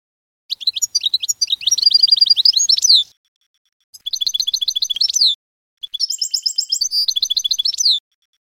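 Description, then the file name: Canary song in three rapid bursts of bright, trilled and chirping phrases, each lasting about one and a half to two and a half seconds with short silent gaps between them. "Canary Voice"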